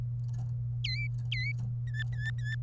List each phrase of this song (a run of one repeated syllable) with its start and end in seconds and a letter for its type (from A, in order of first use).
0.84-1.52 A, 1.87-2.63 B